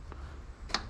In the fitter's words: but once it gets on the dowel, it's locked into place.